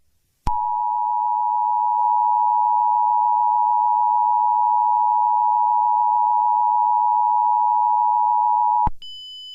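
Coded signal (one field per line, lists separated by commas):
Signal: Emergency Alert System (SAME) tones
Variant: 853 and 960 Hz attention tone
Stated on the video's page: Mock EAS test, simulated rather than a real alert.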